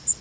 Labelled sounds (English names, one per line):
Yellow Warbler flight call